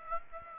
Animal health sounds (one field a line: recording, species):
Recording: mosquito wingbeat signal from an infrared sensor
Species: Aedes aegypti